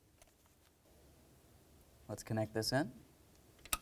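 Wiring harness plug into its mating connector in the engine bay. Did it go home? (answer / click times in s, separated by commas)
yes / 3.7 s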